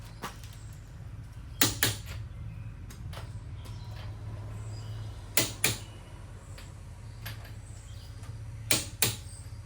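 A click-type torque wrench tightens the remaining M12x1.5 steel lug nuts on a Honda CR-V wheel to 80 ft-lb during a brake job. Each nut gives a sharp double click, at 1.6 and 1.8 s, 5.4 and 5.7 s, and 8.7 and 9.0 s, over a steady low hum. Each nut reaches its torque spec.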